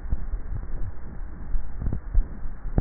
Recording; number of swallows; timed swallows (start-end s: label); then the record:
swallowing sounds by neck microphone; 1
0.30-1.03 s: swallow
From the record:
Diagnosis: dysphagia